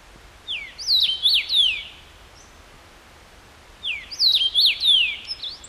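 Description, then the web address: Common rosefinch delivering two whistled phrases about three seconds apart, each a quick run of four or five sweeping, bending notes. Recorded 14 June 2012; recording marked KBGD. "June 14 2012 C erythrinus KBGD"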